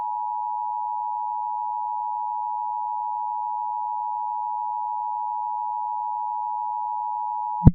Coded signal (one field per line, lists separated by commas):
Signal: Emergency Alert System (SAME) tones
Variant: 853 and 960 Hz attention tone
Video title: EAS - Electrical Annihilation II